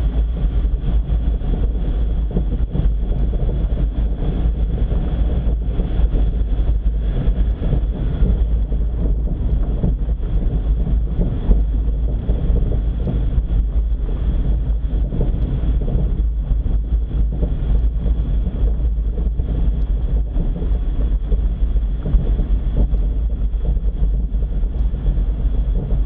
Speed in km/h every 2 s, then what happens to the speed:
28, 29, 29, 29, 29, 30, 32, 31, 30, 27, 26, 24, 22.
0-14 steady at about 29. 14-26 slows to 22.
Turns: none.